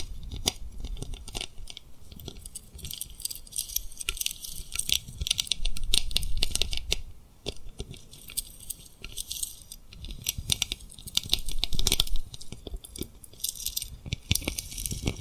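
Fingers tap and rub over rhinestones in a dense, crackly stream of bright little clicks and scratches with soft low thumps underneath. The busiest, loudest stretches come around five to seven seconds and again near twelve, with a brief lull just after seven.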